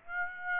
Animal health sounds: mosquito wingbeat signal from an infrared sensor; Aedes aegypti

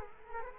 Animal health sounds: mosquito wingbeat signal from an infrared sensor; Culex quinquefasciatus

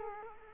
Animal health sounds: mosquito wingbeat signal from an infrared sensor; Culex quinquefasciatus

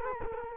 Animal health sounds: mosquito wingbeat signal from an infrared sensor; Culex quinquefasciatus

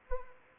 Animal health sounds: mosquito wingbeat signal from an infrared sensor; Anopheles arabiensis

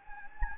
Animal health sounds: mosquito wingbeat signal from an infrared sensor; Anopheles gambiae

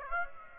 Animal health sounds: mosquito wingbeat signal from an infrared sensor; Aedes aegypti

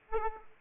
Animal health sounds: mosquito wingbeat signal from an infrared sensor; Aedes aegypti

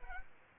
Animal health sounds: mosquito wingbeat signal from an infrared sensor; Aedes albopictus

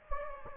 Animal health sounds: mosquito wingbeat signal from an infrared sensor; Anopheles gambiae

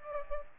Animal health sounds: mosquito wingbeat signal from an infrared sensor; Aedes aegypti

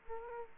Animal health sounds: mosquito wingbeat signal from an infrared sensor; Aedes aegypti

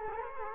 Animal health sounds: mosquito wingbeat signal from an infrared sensor; Culex quinquefasciatus

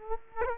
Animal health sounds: mosquito wingbeat signal from an infrared sensor; Culex quinquefasciatus

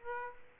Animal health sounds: mosquito wingbeat signal from an infrared sensor; Aedes aegypti

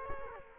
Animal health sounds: mosquito wingbeat signal from an infrared sensor; Culex quinquefasciatus

